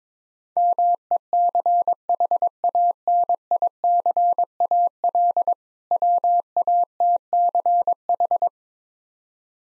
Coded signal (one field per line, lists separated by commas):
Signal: Morse code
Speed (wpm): 22 wpm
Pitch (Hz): 700 Hz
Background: none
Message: MECHANICAL WATCH